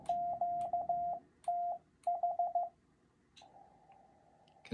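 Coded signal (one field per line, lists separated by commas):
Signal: Morse code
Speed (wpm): 15 wpm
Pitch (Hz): 700 Hz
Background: none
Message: QTH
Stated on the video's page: Morse illustrating what is copied and sent in a basic CW contact.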